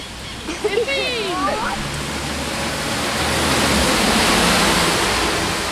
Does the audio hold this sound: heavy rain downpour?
yes